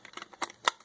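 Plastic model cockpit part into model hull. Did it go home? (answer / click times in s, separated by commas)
yes / 0.7 s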